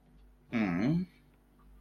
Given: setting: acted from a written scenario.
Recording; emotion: vocal sound without words; sympathy